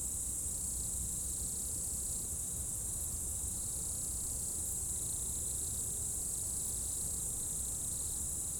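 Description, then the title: Insects trilling in a continuous high chorus, with softer buzzing bursts coming and going underneath and a low background rumble. Insects in the roadside bank and trees at dusk, first hairpin bend of a mountain pass road at Bourdeau, France; Tascam DAP1 DAT recorder, from a CD-R burned in 2006. "route col du Chat, Bourdeau, France - Tutti insectes"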